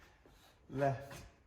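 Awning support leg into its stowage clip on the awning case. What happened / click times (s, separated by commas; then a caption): The leg is being handled and has not clipped in yet / none. A Tribute T 720 motorhome's awning support leg, folded up with its foot set at 90 degrees, is popped into its stowage clip on the awning case and pushed left while someone talks. The leg has not clipped in or seated yet.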